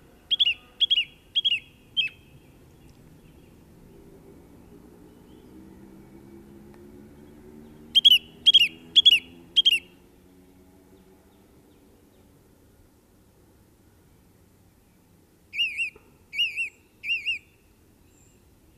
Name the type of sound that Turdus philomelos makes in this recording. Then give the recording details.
song. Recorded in the wild. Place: Garmisch-Partenkirchen, Bayern, DE. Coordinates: 47.5067, 11.085. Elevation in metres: 710. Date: 1969-04-05. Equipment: Nagra. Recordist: Tretzel, Erwin